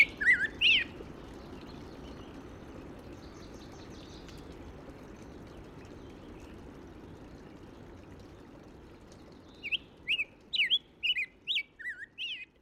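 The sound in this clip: Black-headed grosbeak song: a brief warbled phrase at the start, then several seconds of quiet hiss before a burst of rapid, rich, up-and-down whistled notes.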